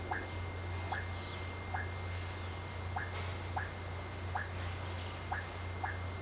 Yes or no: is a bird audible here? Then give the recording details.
no. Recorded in pastures near Puerto Asís, Putumayo, Colombia, on 8 March 2025 at 10:00. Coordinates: 0.466, -76.322. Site CSA-02